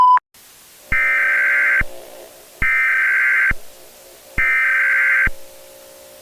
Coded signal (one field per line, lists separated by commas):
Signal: Emergency Alert System (SAME) tones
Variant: header bursts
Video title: EAS Scenario - Skinwalker REMASTERED - Part 2